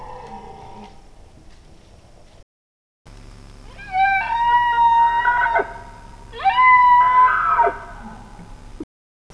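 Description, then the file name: Bactrian deer giving two clear tonal calls, each a rising onset and a long level whistle with harmonics, ending abruptly, with a low hum in the background. Male. "Cervus elaphus bactrianus 1 male"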